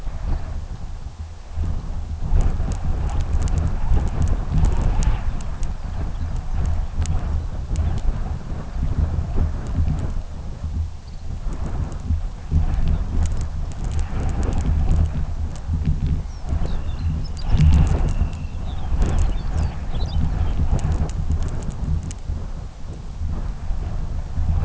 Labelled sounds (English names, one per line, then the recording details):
Lapland Longspur
unidentified sound
Dunlin
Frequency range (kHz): Lapland Longspur 2.3-6.8 kHz; Dunlin 1.7-3.6 kHz
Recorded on Arctic tundra, site UTQI-2, on 17 June 2019
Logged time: 06:00